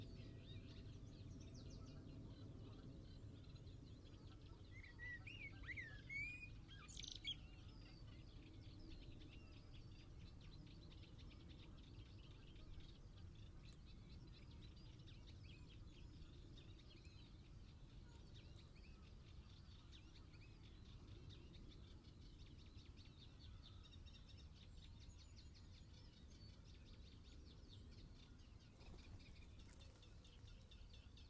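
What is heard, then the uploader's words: Early morning countryside birdsong: scattered chirps and a brief bright call near seven seconds over a steady low rumble that never lets up. 7.00am Birdsong at Hurst View, Pennington, Dorset, UK. Early morning countryside birdsong recorded on the weekend of King Charles' Coronation.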